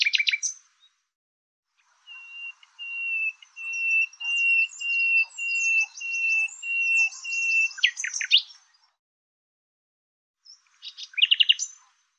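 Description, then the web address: Bird singing a short trill, then a steady series of clear whistled notes about twice a second with twittering over them, a loud trill, and a final burst after a pause. "Deverinetal 2025"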